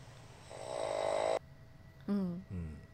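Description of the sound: An adult sleeper at home gives a single loud, buzzing inhaled snore that swells for nearly a second and then cuts off abruptly. A brief low, voice-like grunt follows. Loud snoring like this comes from vibration of the soft tissues of the throat during sleep.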